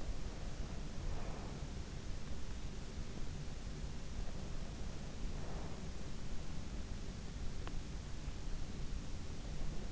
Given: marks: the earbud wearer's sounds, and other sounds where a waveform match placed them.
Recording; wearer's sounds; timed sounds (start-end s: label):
sounds in sleep by an in-ear microphone; breath
0.00-1.70 s: breath
4.35-5.93 s: breath